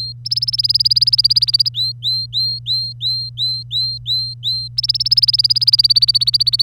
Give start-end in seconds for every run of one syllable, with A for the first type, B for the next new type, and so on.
0.00-0.13 A, 0.25-1.69 B, 1.74-4.68 A, 4.77-6.62 B